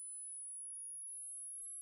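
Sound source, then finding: Tone generator (device). Tinnitus pitch-matching tone.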